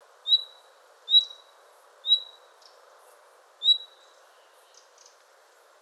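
Common nightingale repeating a pure whistled note four times with uneven gaps, a fifth starting at the very end.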